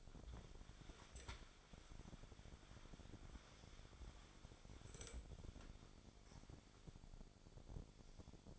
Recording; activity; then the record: daily activity, microphone in the room; wipe stove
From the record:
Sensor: 5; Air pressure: 1007.2 hPa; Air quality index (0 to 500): 174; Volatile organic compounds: 4 ppm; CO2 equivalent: 1666 ppm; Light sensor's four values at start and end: 53/147/58/58 and 54/149/58/59